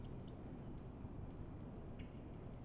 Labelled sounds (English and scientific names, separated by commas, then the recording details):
Common Blackbird (Turdus merula)
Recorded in Germany
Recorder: ecoPi